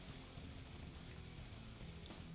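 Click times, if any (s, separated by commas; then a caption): 2.1 s. A plastic part from a Zoukei-Mura 1/48 scale F-4EJ Phantom II model kit is pushed into its slot in the aircraft fuselage assembly after a brief struggle. Music plays steadily throughout. A sharp click at 2.1 s marks the part snapping home and seating.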